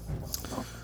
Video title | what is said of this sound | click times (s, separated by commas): BMW X5 Water Pump & Thermostat Replacement DIY (2019-2023 BMW G05 X5, G06 X6, 50i, M50i, N63TU3) | Listen for that audible click, and then give it a little tug to make sure it won't come out. | 0.3 s